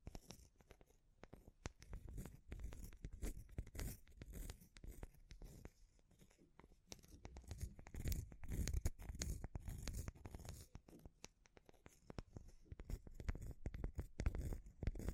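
Wood, bamboo and straw being handled, giving a dense, irregular stream of crackles, snaps and dry rustling with no pauses. Sharp bright clicks sit over soft low thuds, and the handling grows busier and louder around the eighth to tenth second before easing briefly.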